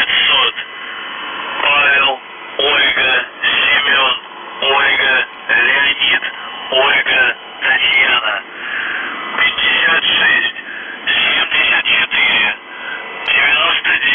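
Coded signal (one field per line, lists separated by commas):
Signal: coded military voice message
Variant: UVB-76 voice message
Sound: a male voice reading a message over a narrow, noisy radio channel, with no buzzing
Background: radio static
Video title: The Buzzer/UVB-76(4625Khz) January 3, 2022 13:01UTC Voice message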